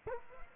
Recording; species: mosquito wingbeat signal from an infrared sensor; Culex quinquefasciatus